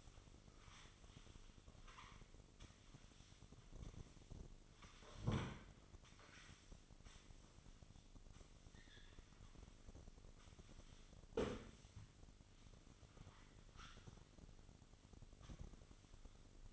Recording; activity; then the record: daily activity, microphone in the room; sweep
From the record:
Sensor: 4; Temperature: 27.1 degrees Celsius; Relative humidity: 35.2%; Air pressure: 1003.9 hPa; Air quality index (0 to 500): 149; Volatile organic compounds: 2 ppm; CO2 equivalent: 1064 ppm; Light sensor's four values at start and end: 16/38/16/17 and 16/39/16/17